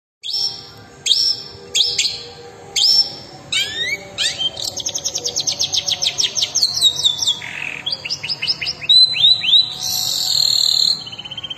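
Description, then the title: Long-tailed shrike song opening with spaced sharp notes, then a fast run of descending whistles, buzzy rasps and varied phrases. Combination song style. "Cendet Kombinasi"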